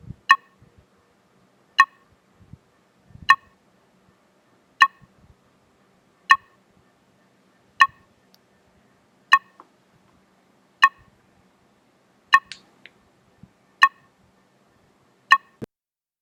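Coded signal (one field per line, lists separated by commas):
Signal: none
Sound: computer notification beeps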